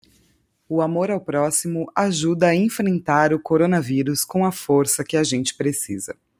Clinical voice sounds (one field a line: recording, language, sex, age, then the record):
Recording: spoken sentence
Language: Brazilian Portuguese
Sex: female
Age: 30 to 39 years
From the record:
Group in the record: control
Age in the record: 39 years